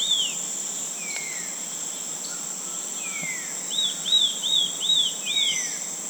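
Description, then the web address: Rose-breasted chat calling with thin descending slurred whistles, then a brisk series of five arched whistled notes, all against a constant shrill insect buzz. "Rose breasted chat. صدای-پرنده-چک-سینه-گلی"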